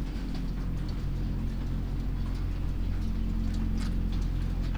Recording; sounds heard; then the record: poultry house recording; sick chickens (respiratory disease)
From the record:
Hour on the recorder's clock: 23